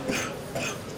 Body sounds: coughing mixed with background sound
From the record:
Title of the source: Spring Cold Coughing 3

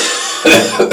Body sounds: coughing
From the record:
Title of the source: Cough Around the Clock!

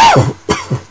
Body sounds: coughing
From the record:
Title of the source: Dry Coughing Fit in the Afternoon.

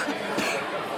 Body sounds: coughing mixed with background sound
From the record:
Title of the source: 64 coughing, allergies, singing lungs

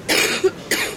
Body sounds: coughing mixed with background sound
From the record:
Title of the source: 60 coughing still (deep and wet cough)

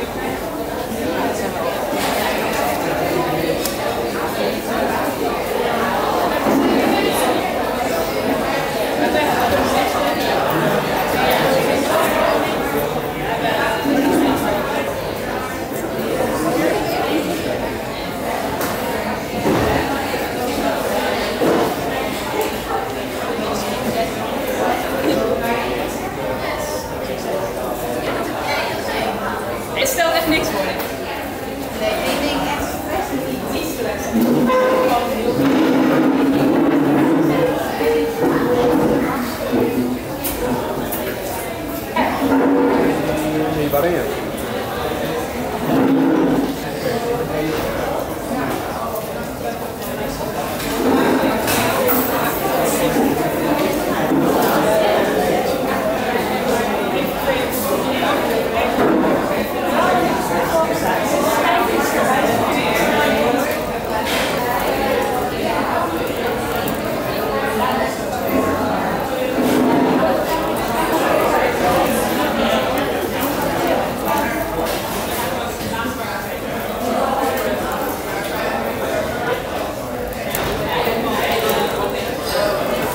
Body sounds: background sound without coughing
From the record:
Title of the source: 40 min - Ambience sounds UNIVERSITY lunchroom chatting

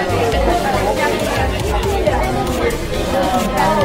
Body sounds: background sound without coughing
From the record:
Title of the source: Nightlife Party Simulating Party Club Noise 1 Hour

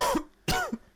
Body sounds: coughing mixed with background sound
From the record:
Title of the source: Coughing 51

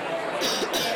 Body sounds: coughing mixed with background sound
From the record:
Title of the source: November cold (wet coughing)

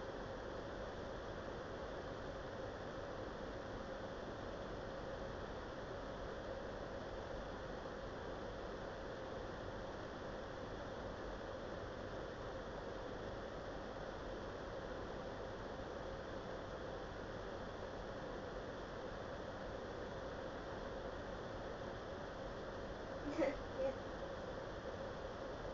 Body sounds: background sound without coughing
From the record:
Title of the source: wind

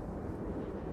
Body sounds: background sound without coughing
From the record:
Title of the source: Train Ride Ambience ambient white noise for sleeping, focus, studying, reading

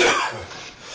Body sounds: coughing mixed with background sound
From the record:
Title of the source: Spring Cold Coughing 2

